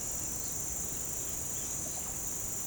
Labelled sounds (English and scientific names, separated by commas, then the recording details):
none
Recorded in pastures near Puerto Asís, Putumayo, Colombia, on 22 December 2024 at 08:30
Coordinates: 0.466, -76.322
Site G040